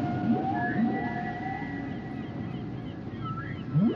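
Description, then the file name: Whale song of long, level tonal moans at several pitches, a few brief upswept squeals, and a low background rumble throughout. Whale and dolphin sounds and songs; Nueva Esparta. "Whales and Dolphins whale nature sounds songs nueva esparta"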